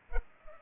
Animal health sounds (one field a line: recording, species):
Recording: mosquito wingbeat signal from an infrared sensor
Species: Culex pipiens